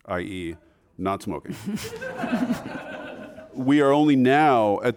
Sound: laughter

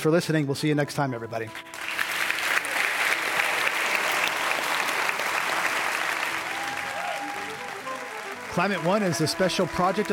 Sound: applause

